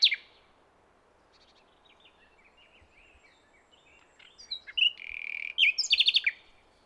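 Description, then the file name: Common nightingale singing: a sharp high note, a quiet stretch of soft warbles, then a loud phrase with a held whistle and a fast run of repeated chipping notes. "Luscinia megarhynchos"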